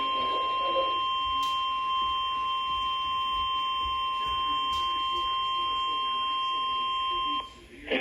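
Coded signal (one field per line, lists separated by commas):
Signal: Emergency Alert System (SAME) tones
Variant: 1050 Hz attention tone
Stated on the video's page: Real EAS alerts received from several stations over two days, including new stations and clear reception of alerts from Lake Charles.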